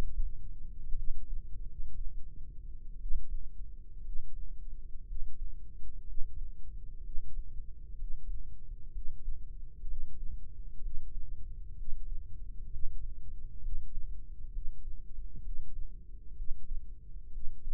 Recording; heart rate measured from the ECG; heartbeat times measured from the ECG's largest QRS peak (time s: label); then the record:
heart sounds by microphone in the left ear; 62 bpm
0.94 s: heartbeat
1.63 s: heartbeat
2.97 s: heartbeat
4.00 s: heartbeat
5.03 s: heartbeat
6.02 s: heartbeat
6.99 s: heartbeat
7.94 s: heartbeat
8.89 s: heartbeat
9.84 s: heartbeat
10.78 s: heartbeat
11.73 s: heartbeat
12.66 s: heartbeat
13.58 s: heartbeat
14.48 s: heartbeat
15.39 s: heartbeat
16.32 s: heartbeat
17.28 s: heartbeat
From the record:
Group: healthy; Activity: Valsalva maneuver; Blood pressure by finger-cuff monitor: 107/71 mmHg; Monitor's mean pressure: 81 mmHg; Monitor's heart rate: 63 bpm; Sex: female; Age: 22 years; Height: 171 cm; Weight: 65.6 kg